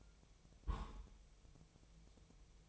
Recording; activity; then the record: daily activity, microphone in the room; place on stove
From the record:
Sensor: 1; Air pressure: 999.3 hPa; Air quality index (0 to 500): 203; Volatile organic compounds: 44 ppm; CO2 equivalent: 3216 ppm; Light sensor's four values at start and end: 9/22/8/9 and 9/22/8/9